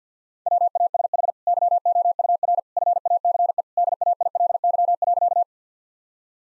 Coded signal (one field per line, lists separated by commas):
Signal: Morse code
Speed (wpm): 50 wpm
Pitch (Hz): 700 Hz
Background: none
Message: WASH YOUR FACE DAILY.